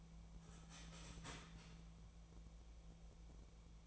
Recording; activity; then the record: daily activity, microphone in the room; start toaster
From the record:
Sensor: 1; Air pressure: 1000.3 hPa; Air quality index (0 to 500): 158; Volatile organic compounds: 3 ppm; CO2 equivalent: 1477 ppm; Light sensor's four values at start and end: 28/70/30/35 and 28/70/29/35